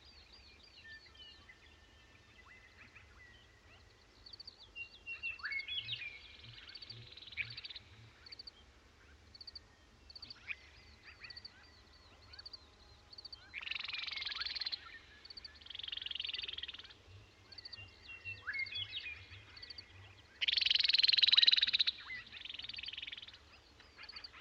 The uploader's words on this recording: This week’s episode of Sound Escapes takes us to Pipestone Canyon in Eastern Washington, where you can hear a ridgetop wind come from a mile away.